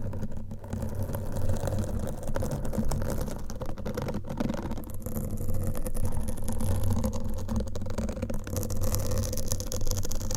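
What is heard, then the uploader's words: Fingernails scratch at a microphone, giving a steady, dense rumbling drone with a low hum that holds throughout. Brief sharp scrapes and clicks cut through now and then, near the start, around the four- and five-second marks, and again toward the end. Mic Scratching - Brain Scratching with Different Nail Shapes.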